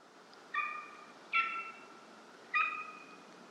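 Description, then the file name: Golden eagle calling three times in quick succession, thin ringing yelps with strong overtones that hold a level pitch, against low background hiss. "aigle Royal"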